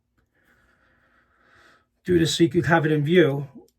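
The magnetic top cap of a single edge safety razor is handled and brought over the blade toward the razor head, where it is held by strong magnets and grooves. Faint, quiet handling sounds come first, then someone talks from about 2.1 seconds to the end. Nothing has seated or clicked yet.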